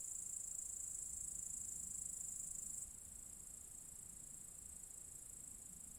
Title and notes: Cicadas (Zalensų Sodybos, Lithuania, August 23rd, 2015). Cicadas in a apple tree orchard